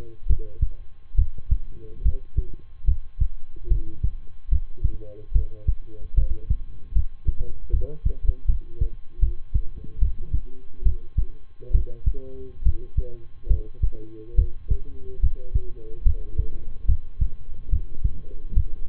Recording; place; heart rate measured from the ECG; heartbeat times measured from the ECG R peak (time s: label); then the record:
heart sounds by stethoscope; between the tricuspid and mitral areas; 72 bpm
0.26 s: heartbeat
1.15 s: heartbeat
2.01 s: heartbeat
2.84 s: heartbeat
3.67 s: heartbeat
4.48 s: heartbeat
5.32 s: heartbeat
6.14 s: heartbeat
6.92 s: heartbeat
7.70 s: heartbeat
8.45 s: heartbeat
9.19 s: heartbeat
9.98 s: heartbeat
10.82 s: heartbeat
11.71 s: heartbeat
12.62 s: heartbeat
13.47 s: heartbeat
14.35 s: heartbeat
15.19 s: heartbeat
16.02 s: heartbeat
16.85 s: heartbeat
17.69 s: heartbeat
18.53 s: heartbeat
From the record:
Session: rest, lying down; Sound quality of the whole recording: good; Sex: male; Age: 23 years